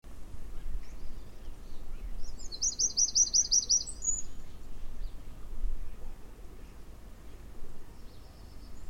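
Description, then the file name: Eurasian wren giving a short, high, rapid trill of about two seconds over steady low background noise. "Troglodytes troglodytes"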